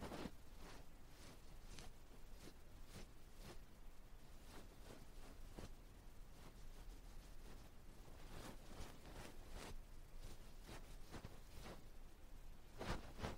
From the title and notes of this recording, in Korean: No talking 말없이 귀에 먼지 털어내기 ear touching sound.